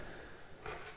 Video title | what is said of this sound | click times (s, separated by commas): My Mug Ice Cream Maker by DASH: The EASIEST Way to Make Ice Cream at Home? 🤯 #review #dash #icecream | So it's just a plastic mixing blade that'll snap in place on here. | 0.7 s